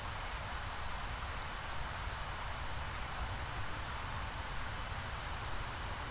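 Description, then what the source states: Crickets trill in a shrill, evenly pulsing chorus that falters once briefly, over a continuous low rushing sound. Summer night ambience in the Pyrenees mountains, France, with crickets and a distant river.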